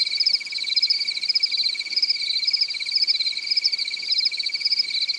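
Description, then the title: Cricket chirping in a continuous high, rapidly pulsed trill with a steady lower tone beneath. "AnimalCricket"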